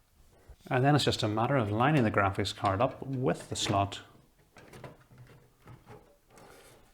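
A graphics card is lined up with the PCIe slot on a motherboard before being pushed home. Someone talks, then soft handling and scraping sounds follow. Nothing has seated or clicked yet.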